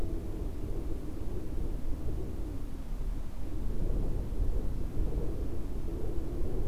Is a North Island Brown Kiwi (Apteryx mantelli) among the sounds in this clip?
no